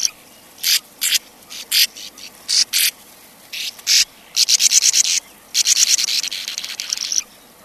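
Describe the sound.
Sand martin giving dry, buzzy, rasping calls in short bursts, some stuttered into quick chattering runs, with pauses between.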